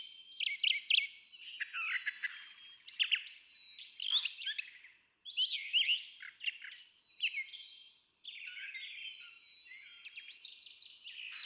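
Brown Thrasher singing dense, nearly continuous phrases of mixed whistles, harsh notes and chips, with a faint high tone underneath.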